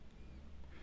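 A lock clip on a car door handle linkage inside the car door is being pressed by hand. Only a steady low hum with faint handling noise is heard, with no sharp click. Nothing has seated or clicked yet.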